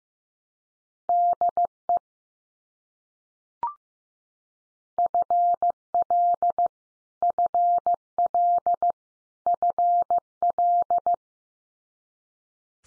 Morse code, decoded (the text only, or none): DE FL FL FL